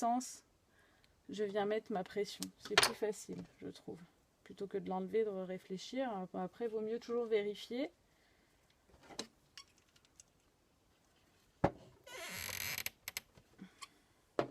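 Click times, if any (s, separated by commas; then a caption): none. Someone talks for most of the first eight seconds while handling snap fastener halves that have just been pressed onto a fabric identification bracelet. Quiet handling follows, then sharp ticks near 11.7 s, a brief rustling burst around 12 to 13 s, and more ticks near 13.2 and 14.4 s. The snap is handled but not yet closed; nothing has clicked or seated yet.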